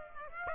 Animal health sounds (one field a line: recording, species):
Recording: mosquito wingbeat signal from an infrared sensor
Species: Aedes aegypti